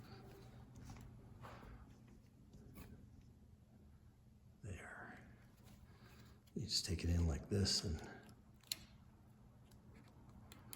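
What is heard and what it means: Someone talks while working on a Schwinn bicycle, taking a small part in and lining up its flat edge with its mating seat on the bike. Soft handling noises and a few faint ticks are heard. Nothing has seated or clicked into place yet.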